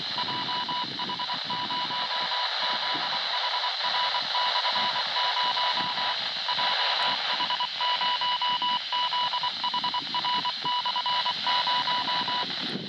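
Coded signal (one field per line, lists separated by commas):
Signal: Morse code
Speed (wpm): 23 wpm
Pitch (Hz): 980 Hz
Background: radio noise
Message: JH0ZHR/0 JH0ZHR/0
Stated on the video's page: 5G band beacon from Niigata city received about 120 km away with a half-wave sleeve antenna, small converter and wideband receiver.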